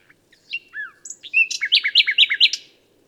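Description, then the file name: Common nightingale song beginning with soft slurred whistles, then a loud run of rapid repeated chirping notes that fades at the end. "Luscinia megarhynchos"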